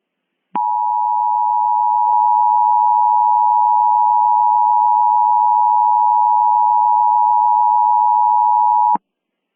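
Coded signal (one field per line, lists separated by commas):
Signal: Emergency Alert System (SAME) tones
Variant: 853 and 960 Hz attention tone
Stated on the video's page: Mock fictional EAS scenario for Halloween, made with valid EAS tones.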